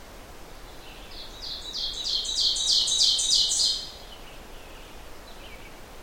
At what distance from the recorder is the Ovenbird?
about 15 m